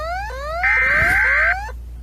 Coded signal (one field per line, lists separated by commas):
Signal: Emergency Alert System (SAME) tones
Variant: header bursts